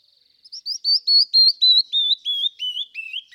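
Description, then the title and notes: Canyon wren song: bright whistled notes, fast and evenly spaced, tumbling down the scale in a long descending series that fades at the bottom. "Canyon Wren. Macaulay Library at Cornell Lab of Ornithology"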